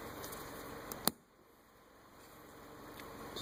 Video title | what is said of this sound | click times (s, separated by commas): Rear brake pad replacement 2015 Ford Explorer How to change rear pads | just kind of snap into place tired | 1.1 s